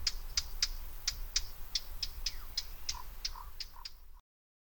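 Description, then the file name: Eurasian blackcap giving hard tacking calls, sharp clicks repeated about three times a second, over a low steady rumble. "Sylvia atricapilla"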